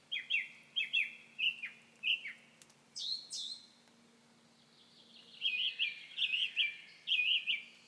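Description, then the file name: Common nightingale song: sharp repeated chirps, a loud burst, then a quick warbling trill after a short silence. "Nachtegaal"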